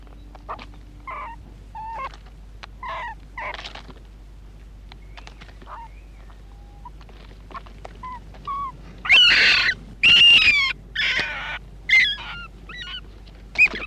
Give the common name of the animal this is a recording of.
Beech Marten